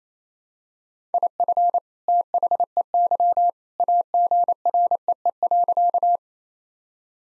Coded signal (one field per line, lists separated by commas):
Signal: Morse code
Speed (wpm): 27 wpm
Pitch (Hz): 700 Hz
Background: none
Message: IF THEY AGREE.